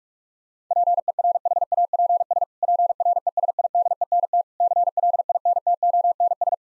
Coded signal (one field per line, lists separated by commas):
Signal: Morse code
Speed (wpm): 46 wpm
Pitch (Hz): 700 Hz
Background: none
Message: PERHAPS PRESIDENT CLINTONS